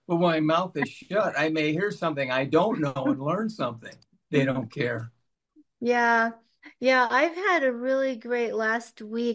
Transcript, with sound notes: But when my mouth is shut, I may hear something I don't know and learn something."
(laughs)
They don't care.
Yeah. Yeah. I've had a really great last week.